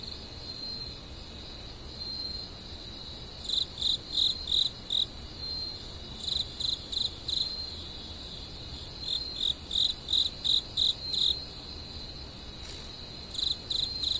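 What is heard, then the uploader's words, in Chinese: A night chorus of insects in thick undergrowth, a high, steady shrill trill running throughout. Over it, one cricket chirps in quick rhythmic pulses, in bursts around 3–5, 6–7.5, 9–11 and near 14 seconds, with faint low rumble beneath. 林薮呖呖·暮夜鸣曲。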